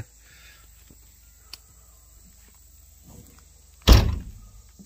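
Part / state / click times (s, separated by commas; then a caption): pickup bed cap lid latch closing onto truck bed / not seated / none. A pickup bed cap lid with gas shocks and locks is shut onto the truck bed, landing with one loud thunk at about 3.9 s after a quiet stretch with a faint tap near 1.5 s. The latch fails to catch, so nothing has seated or clicked yet.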